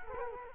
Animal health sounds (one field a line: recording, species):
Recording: mosquito wingbeat signal from an infrared sensor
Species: Culex quinquefasciatus